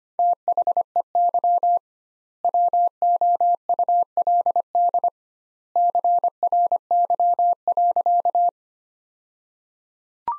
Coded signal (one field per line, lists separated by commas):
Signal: Morse code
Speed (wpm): 25 wpm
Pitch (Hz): 700 Hz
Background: none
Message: THEY WOULD CRY.